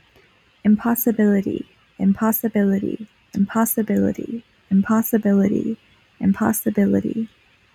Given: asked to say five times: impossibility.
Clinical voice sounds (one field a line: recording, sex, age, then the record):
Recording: repeated word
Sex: female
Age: 20 to 29 years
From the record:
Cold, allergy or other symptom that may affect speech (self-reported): no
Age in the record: 24 years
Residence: Pennsylvania, United States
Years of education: 16